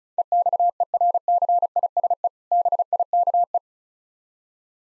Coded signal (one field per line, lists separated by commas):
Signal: Morse code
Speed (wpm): 35 wpm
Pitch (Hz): 700 Hz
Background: none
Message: EXERCISE BIKE